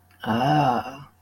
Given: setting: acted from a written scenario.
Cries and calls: vocal sound without words; embarrassment

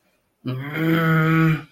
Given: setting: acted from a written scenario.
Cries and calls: vocal sound without words; anger

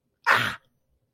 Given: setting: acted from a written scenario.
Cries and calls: vocal sound without words; pain

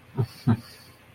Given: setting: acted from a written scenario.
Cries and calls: vocal sound without words; shame

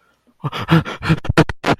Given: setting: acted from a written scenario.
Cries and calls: vocal sound without words; fear

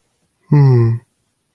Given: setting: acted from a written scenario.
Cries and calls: vocal sound without words; contentment

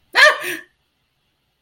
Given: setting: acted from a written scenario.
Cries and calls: vocal sound without words; negative surprise

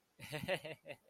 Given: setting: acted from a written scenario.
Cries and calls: vocal sound without words; amusement

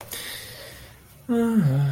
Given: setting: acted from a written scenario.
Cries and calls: vocal sound without words; serenity

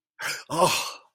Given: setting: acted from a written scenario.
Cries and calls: vocal sound without words; positive surprise

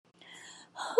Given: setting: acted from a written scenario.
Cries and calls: vocal sound without words; serenity

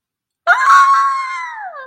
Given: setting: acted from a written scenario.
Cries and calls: vocal sound without words; positive surprise

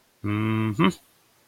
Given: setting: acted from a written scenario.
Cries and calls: vocal sound without words; pride

